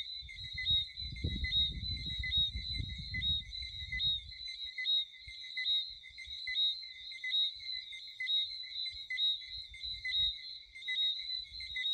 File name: Chant de grenouilles - Sound of frog